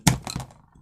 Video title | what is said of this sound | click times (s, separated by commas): Ремонт редуктора бензокосы. Naprawa przekładni kosiarki spalinowej | will either push it through above the position until it snaps | 0.1 s